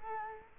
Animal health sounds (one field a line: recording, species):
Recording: mosquito wingbeat signal from an infrared sensor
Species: Culex quinquefasciatus